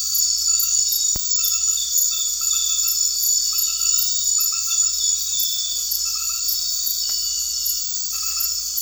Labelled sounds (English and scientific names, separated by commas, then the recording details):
none
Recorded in secondary vegetation near Puerto Asís, Putumayo, Colombia, on 8 March 2025 at 21:00
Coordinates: 0.499, -76.323
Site G094